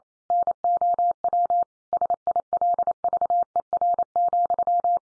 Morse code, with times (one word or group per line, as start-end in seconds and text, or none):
0.3-1.6 NOW
1.9-5.0 SILVER,